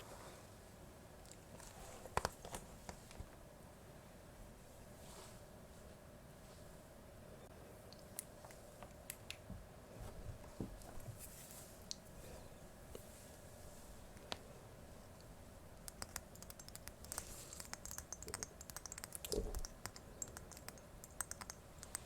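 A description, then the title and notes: Ear-to-ear tapping, scratching and brushing fill the clip with soft, steady crackling and quick clicks, like light keyboard tapping. Sharper taps stand out near 2 and 19 seconds. The texture grows busier and crisper after about 16 seconds, over a constant low hiss. Ear to Ear tapping, scratching, brushing (No Talking).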